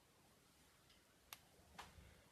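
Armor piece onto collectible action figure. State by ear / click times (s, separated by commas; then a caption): seated / 1.3 s. A plastic/metal armor piece from the wing/helmet area is pushed onto a collectible action figure against a quiet background. A single sharp click sounds at 1.3 s as the piece clips in well and seats, followed by a softer brief sound around 1.8 s.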